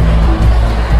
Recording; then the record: background sound without coughing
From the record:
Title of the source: Party Noise 1 Hour Party Ambience